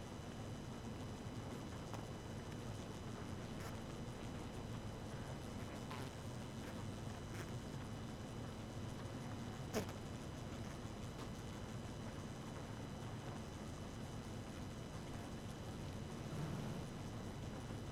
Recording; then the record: honeybee colony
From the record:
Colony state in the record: active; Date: 12 June 2018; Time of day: 1:53